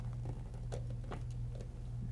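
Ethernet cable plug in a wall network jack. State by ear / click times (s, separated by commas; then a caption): not seated / none. An Ethernet cable plug is pushed into a wall network jack, giving a few faint taps and scuffs over a steady low hum. Nothing has clicked or seated yet.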